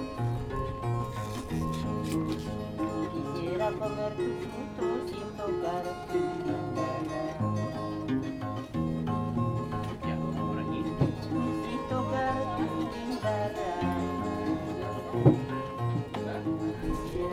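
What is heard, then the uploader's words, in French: A harpist plays at the entrance of the Ollantaytambo fortress, a steady run of plucked notes over a repeating low bass pattern that shifts every second or two. Voices murmur faintly underneath, and a brief sharp knock sounds around fifteen seconds. Harpe à Ollantaytambo (PE). Joueur de harpe à l'entrée de la forteresse d'Ollantaytambo.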